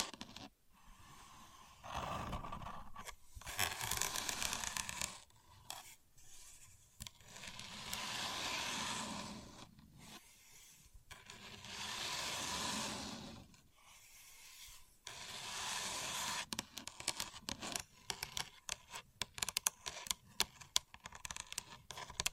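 A contour gauge being handled: its pins slide and scrape in long, bright rasping sweeps of a few seconds each, around 3–5, 7–10, 11–13 and 14–16 seconds. Between and after the sweeps come dense runs of quick clicks and ticks, busiest toward the end.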